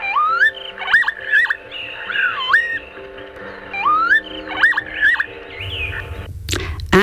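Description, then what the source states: Northern Lapwing giving repeated wheezy, upslurred 'pee-wit' calls with sharp swooping notes, then a loud rustling thump near the end. Unique, alien-sounding call that gave rise to local names across Europe such as Kibitz and Peewit.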